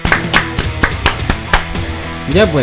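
A brief smattering of applause for the sponsor Band Aid: about seven sharp, separate claps in an uneven rhythm over a sustained tonal background, ending with a wavering, voice-like sound.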